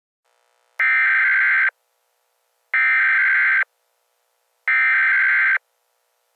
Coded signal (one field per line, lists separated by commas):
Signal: Emergency Alert System (SAME) tones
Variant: header bursts